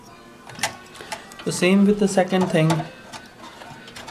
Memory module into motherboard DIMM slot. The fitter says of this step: in unless and until you see that they are exactly the same and see do you hear the click there the